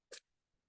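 A safety cover latch on a plastic kitchen mandoline slicer is released. A single sharp click sounds at 0.1 s as the cover lock clicks open. The cover is unlocked.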